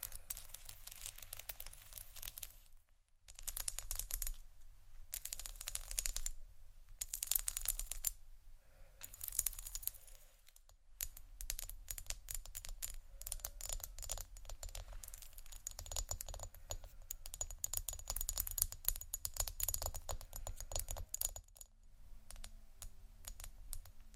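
Hard tiles are scratched and tapped in bursts of dense, crisp clicks and scrapes, with brief silences near three and eleven seconds.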